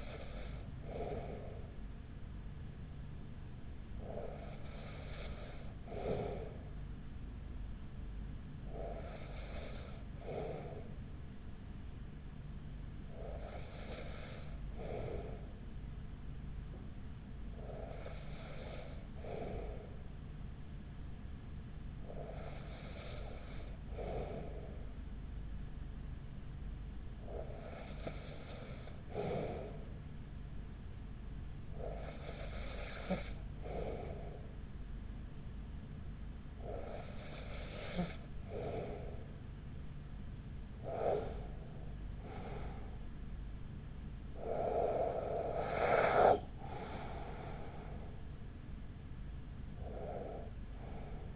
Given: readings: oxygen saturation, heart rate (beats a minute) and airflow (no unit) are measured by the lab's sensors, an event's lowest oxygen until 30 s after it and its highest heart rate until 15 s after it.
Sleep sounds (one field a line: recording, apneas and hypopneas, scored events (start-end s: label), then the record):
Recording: breathing in sleep by a smartphone at the bedside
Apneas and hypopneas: 1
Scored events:
3.00-44.40 s: hypopnea (N1, oxygen 95% highest, then 94% lowest, heart rate 40 at the start, 48 highest)
13.00-43.00 s: new sleep stage, N2 (light sleep)
43.00-51.36 s: new sleep stage, N1 (lightest sleep)
From the record:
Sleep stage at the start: N1 (lightest sleep)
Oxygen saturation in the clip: 94 to 95%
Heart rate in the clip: 38 to 48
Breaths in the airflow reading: 11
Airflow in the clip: -8.0 to 8.0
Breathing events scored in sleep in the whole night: 207 in 7.6 hours asleep